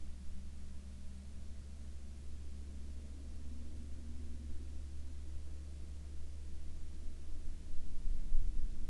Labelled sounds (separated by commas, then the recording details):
aircraft
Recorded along the Dempster Highway, Canada, on 29 August 2020 at 20:00
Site 23